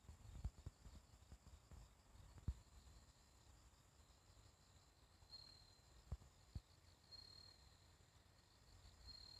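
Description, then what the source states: Bell cricket song, pulsed trills and drawn-out ringing tones in the later half, with scattered sharp clicks and a steady insect drone. Morning, on a riverside walking path; the recordist wonders whether these are the last bell crickets of the year.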